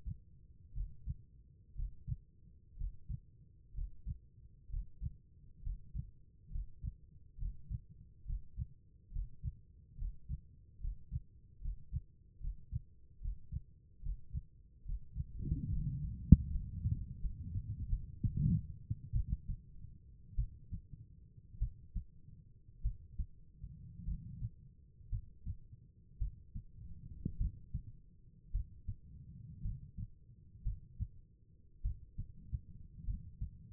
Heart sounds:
heart sounds by stethoscope; 61 bpm
0.72 s: heartbeat
1.74 s: heartbeat
2.76 s: heartbeat
3.73 s: heartbeat
4.68 s: heartbeat
5.61 s: heartbeat
6.50 s: heartbeat
7.37 s: heartbeat
8.24 s: heartbeat
9.11 s: heartbeat
9.97 s: heartbeat
10.79 s: heartbeat
11.60 s: heartbeat
12.39 s: heartbeat
13.20 s: heartbeat
14.01 s: heartbeat
14.84 s: heartbeat
15.71 s: heartbeat
16.51 s: heartbeat
17.21 s: heartbeat
17.90 s: heartbeat
19.13 s: heartbeat
20.36 s: heartbeat
21.59 s: heartbeat
22.82 s: heartbeat
24.05 s: heartbeat
25.10 s: heartbeat
26.19 s: heartbeat
27.38 s: heartbeat
28.52 s: heartbeat
29.62 s: heartbeat
30.63 s: heartbeat
31.82 s: heartbeat
33.05 s: heartbeat
From the record:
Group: healthy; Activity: Valsalva maneuver 0-17 s, rest 17-34 s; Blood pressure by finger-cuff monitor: 98/65 mmHg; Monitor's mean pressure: 74 mmHg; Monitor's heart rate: 58 bpm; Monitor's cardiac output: 4.6 L/min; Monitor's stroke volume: 70 mL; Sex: female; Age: 36 years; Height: 163 cm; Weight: 88 kg

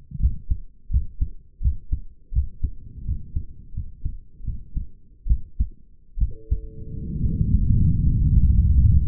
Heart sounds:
heart sounds by stethoscope; 77 bpm
0.19 s: heartbeat
0.90 s: heartbeat
1.61 s: heartbeat
2.32 s: heartbeat
3.05 s: heartbeat
3.74 s: heartbeat
4.44 s: heartbeat
5.27 s: heartbeat
6.18 s: heartbeat
7.20 s: heartbeat
8.02 s: heartbeat
8.73 s: heartbeat
From the record:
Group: healthy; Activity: rest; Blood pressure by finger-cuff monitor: 111/83 mmHg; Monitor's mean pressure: 89 mmHg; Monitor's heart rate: 84 bpm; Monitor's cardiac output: 6 L/min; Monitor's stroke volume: 74 mL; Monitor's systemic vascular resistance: 1080 dyn s/cm5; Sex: male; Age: 21 years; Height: 170 cm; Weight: 71 kg

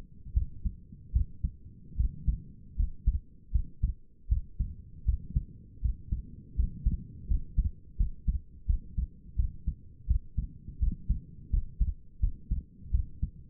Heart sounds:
heart sounds by stethoscope; 81 bpm
0.34 s: heartbeat
1.13 s: heartbeat
1.97 s: heartbeat
2.76 s: heartbeat
3.52 s: heartbeat
4.29 s: heartbeat
5.05 s: heartbeat
5.82 s: heartbeat
6.56 s: heartbeat
7.28 s: heartbeat
7.97 s: heartbeat
8.67 s: heartbeat
9.36 s: heartbeat
10.07 s: heartbeat
10.80 s: heartbeat
11.50 s: heartbeat
12.20 s: heartbeat
12.91 s: heartbeat
From the record:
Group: healthy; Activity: rest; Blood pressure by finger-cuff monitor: 132/84 mmHg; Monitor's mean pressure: 98 mmHg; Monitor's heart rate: 81 bpm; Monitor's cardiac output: 5.8 L/min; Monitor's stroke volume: 72 mL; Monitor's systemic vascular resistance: 1250 dyn s/cm5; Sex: female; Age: 37 years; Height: 168 cm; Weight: 70 kg

